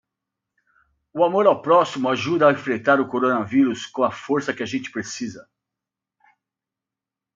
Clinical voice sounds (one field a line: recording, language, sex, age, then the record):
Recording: spoken sentence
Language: Brazilian Portuguese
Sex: female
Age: 50 to 59 years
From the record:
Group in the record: control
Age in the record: 53 years